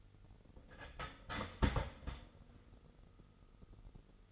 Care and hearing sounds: daily activity, microphone in the room; start toaster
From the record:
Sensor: 4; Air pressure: 989.4 hPa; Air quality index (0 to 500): 218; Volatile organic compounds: 70 ppm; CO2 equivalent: 3514 ppm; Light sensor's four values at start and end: 23/81/30/32 and 23/81/30/31

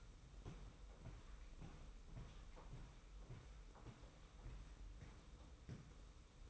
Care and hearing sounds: daily activity, microphone in the room; walk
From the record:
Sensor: 1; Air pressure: 990.7 hPa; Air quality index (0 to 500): 152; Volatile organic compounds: 1000 ppm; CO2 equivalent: 5494 ppm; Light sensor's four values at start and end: 25/57/24/27 and 25/60/25/28

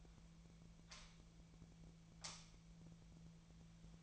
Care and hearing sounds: daily activity, microphone in the room; light on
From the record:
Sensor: 1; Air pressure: 1009.8 hPa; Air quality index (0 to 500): 189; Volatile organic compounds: 17 ppm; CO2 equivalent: 2599 ppm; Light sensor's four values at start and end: 35/89/37/45 and 46/132/54/61

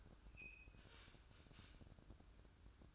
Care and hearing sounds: daily activity, microphone in the room; open fridge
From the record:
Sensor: 2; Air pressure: 1007.6 hPa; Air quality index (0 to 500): 58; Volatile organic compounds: 1 ppm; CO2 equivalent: 589 ppm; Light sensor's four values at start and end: 9/22/9/9 and 9/22/9/9

